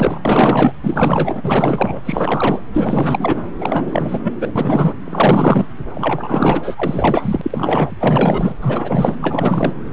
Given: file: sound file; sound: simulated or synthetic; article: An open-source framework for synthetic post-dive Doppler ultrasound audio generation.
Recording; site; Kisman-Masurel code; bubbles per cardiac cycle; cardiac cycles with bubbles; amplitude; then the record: Doppler ultrasound audio after a dive; subclavian; 444; continuous sound; 100%; maximal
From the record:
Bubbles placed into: full cardiac cycles